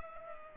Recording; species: mosquito wingbeat signal from an infrared sensor; Culex pipiens